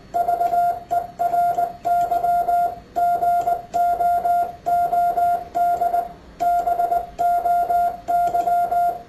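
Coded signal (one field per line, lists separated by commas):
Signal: Morse code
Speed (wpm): 19 wpm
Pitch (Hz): 700 Hz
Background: none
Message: VERY GOOD BOY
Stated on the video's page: Morse sent with various types of code sending devices, demonstrated and described.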